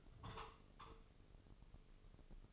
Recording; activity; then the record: daily activity, microphone in the room; take from stove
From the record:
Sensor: 4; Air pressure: 996.2 hPa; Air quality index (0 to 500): 73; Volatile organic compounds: 3 ppm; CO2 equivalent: 1355 ppm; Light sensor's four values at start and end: 18/50/19/21 and 18/50/19/20